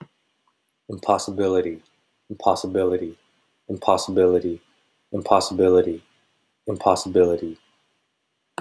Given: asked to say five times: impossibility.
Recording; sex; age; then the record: repeated word; male; 40 to 49 years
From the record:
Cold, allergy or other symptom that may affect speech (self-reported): no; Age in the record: 42 years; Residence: California, United States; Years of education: 16